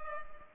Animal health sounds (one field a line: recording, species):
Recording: mosquito wingbeat signal from an infrared sensor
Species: Culex pipiens